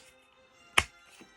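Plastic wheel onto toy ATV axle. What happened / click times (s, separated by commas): The plastic wheel snapped onto its axle / 0.8 s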